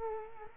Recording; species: mosquito wingbeat signal from an infrared sensor; Culex quinquefasciatus